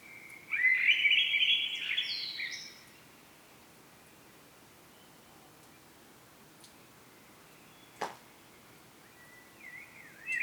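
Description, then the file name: Common blackbird gives one full fluty phrase with a high twittering end, followed by a long quiet stretch, a brief click, and the start of another phrase. "Turdus merula"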